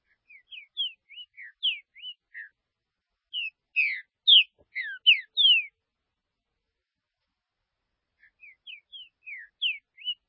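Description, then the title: Green-winged saltator song of whistled slurred notes, a run of short notes building into louder swooping phrases, then a quieter phrase after a pause. "Trinca Ferro"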